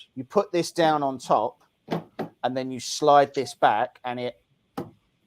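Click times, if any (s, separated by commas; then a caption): 4.8 s. A resin vat for a Uniformation GKTwo resin printer is set down on top of the printer's metal slide rails and slid back into its mount while someone talks. A sharp, short tick is heard at 4.8 s as the vat locks in place.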